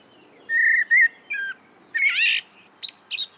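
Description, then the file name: Common blackbird song: fluted whistled notes, then a squeaky, scratchy high twitter ending the phrase, over a steady thin high background tone. "Turdus merula"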